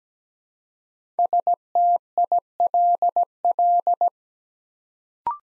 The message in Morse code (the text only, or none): STILL